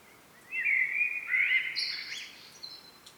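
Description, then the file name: Common blackbird song: a single mellow fluted warble, then a thin high squeaky twitter closing the phrase, with quiet background hiss. "Turdus merula"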